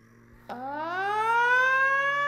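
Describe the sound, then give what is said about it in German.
The siren of a captured police car being driven switches on with a sharp click, its tone sweeping upward and then holding a loud, steady wail. A low hum sits underneath, and no one speaks. “Stell doch noch einmal die Sirene an, mein Junge.”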